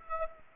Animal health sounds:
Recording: mosquito wingbeat signal from an infrared sensor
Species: Aedes aegypti

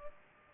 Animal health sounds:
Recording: mosquito wingbeat signal from an infrared sensor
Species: Aedes aegypti

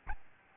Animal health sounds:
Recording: mosquito wingbeat signal from an infrared sensor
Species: Aedes albopictus

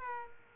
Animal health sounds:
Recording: mosquito wingbeat signal from an infrared sensor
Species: Aedes aegypti

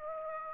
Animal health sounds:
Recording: mosquito wingbeat signal from an infrared sensor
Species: Aedes aegypti

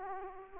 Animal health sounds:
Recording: mosquito wingbeat signal from an infrared sensor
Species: Aedes aegypti

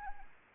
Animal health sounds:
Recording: mosquito wingbeat signal from an infrared sensor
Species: Anopheles arabiensis

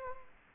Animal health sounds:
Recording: mosquito wingbeat signal from an infrared sensor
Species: Anopheles gambiae

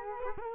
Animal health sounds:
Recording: mosquito wingbeat signal from an infrared sensor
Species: Culex quinquefasciatus

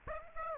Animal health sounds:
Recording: mosquito wingbeat signal from an infrared sensor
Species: Aedes aegypti

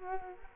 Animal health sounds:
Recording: mosquito wingbeat signal from an infrared sensor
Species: Culex quinquefasciatus

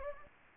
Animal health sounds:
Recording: mosquito wingbeat signal from an infrared sensor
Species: Anopheles gambiae

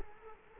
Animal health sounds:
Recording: mosquito wingbeat signal from an infrared sensor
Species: Culex quinquefasciatus

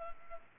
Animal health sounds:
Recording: mosquito wingbeat signal from an infrared sensor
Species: Culex pipiens

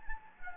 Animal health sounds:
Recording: mosquito wingbeat signal from an infrared sensor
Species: Anopheles gambiae

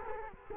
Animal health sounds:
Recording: mosquito wingbeat signal from an infrared sensor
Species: Culex quinquefasciatus

